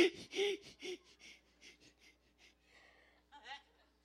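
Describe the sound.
A man's voice imitates the rapid hyperventilation of a person having a hysteria attack, a quick run of harsh, wheezy panting breaths that starts loud and grows fainter and more ragged, with a few sharp gasps near the end.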